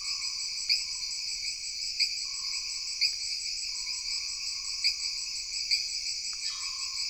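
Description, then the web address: Jungle insects produce a continuous shrill buzz in stacked layers, with irregular accented chirps and a soft, wavering lower tone beneath. Jungle background ambience of an insect chorus. "Sony Creative Software Sony Pictures Sound Effects Series Volumes 1-10 Volume 2 Backgrounds Jungle Insects With Frogs"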